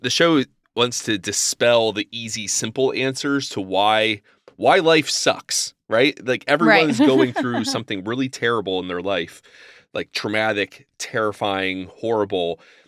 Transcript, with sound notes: The show wants to dispel the easy simple answers to why life sucks, right?
Right. [chuckle]
Everyone’s going through something really terrible in their life, like traumatic, terrifying, horrible.